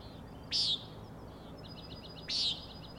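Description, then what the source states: Common nighthawk with two loud, harsh peent calls under two seconds apart, separated by a soft pulsed trill. Three birds flying in close formation, following each other, near the 410 ft overlook on Schoodic Head, Acadia National Park, Winter Harbor, Maine; 4am, 06/16/17; peenting calls and rattling noise.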